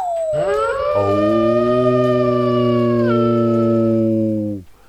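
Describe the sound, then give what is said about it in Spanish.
A wolf howls once up on a mountain, a long, loud call that slides upward at the start and then holds a steady, rich tone for about four seconds before cutting off, with no talking. “Lobos, arriba en la montaña.”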